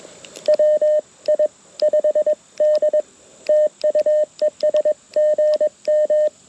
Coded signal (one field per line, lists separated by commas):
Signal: Morse code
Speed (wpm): 22 wpm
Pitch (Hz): 610 Hz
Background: none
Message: WI5D TUES GM